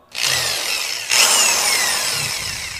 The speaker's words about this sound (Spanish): Ah, sí, ¿no? Con el taladro lo saco fijo.